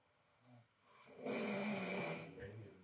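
A single loud, rough snore from an adult man lasts about a second, with a low rattling flutter on the in-breath, then tails off into quieter breathing. It is habitual snoring, present for 57% of the night, played back from a phone sleep-tracking app with faint room noise.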